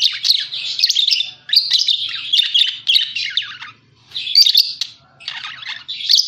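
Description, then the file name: Parakeet chatter in phrases of about a second, scratchy warbled chirps separated by brief pauses, with a faint low hum. Lure sound used for catching birds. "pancingan suara burung parkit"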